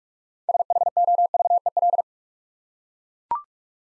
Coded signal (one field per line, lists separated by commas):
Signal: Morse code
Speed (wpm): 40 wpm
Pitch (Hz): 700 Hz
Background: none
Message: SHOVEL